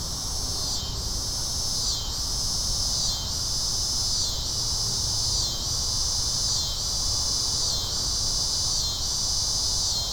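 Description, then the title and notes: Cicada call: a loud, high, shrill buzz pulsing in even surges roughly once a second. "Insect sounds: Cicadas."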